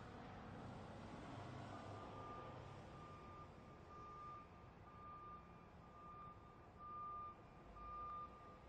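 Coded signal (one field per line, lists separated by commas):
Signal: alarm pattern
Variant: truck back-up alarm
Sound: steady repeating single beeps about once per second over a rumbling truck engine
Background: truck engine, outdoor noise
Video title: 현장음, Spot Sound, Truck Beeping, 3분 53초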